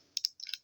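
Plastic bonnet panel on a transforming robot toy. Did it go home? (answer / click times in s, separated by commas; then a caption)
released / 0.2 s. The plastic bonnet panel of a transforming robot toy is gently pulled up with a fingernail behind it. Two sharp plastic clicks sound at 0.2 s and 0.3 s as the bonnet releases, followed by a softer cluster of small clicks and rattles around 0.4–0.6 s.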